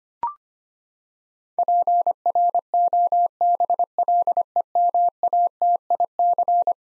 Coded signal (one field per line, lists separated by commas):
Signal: Morse code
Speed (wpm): 25 wpm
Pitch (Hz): 700 Hz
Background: none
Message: PROBLEMATIC